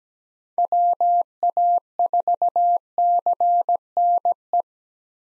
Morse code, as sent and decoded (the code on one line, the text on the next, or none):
.-- .- ....- -.-. -. .
WA4CNE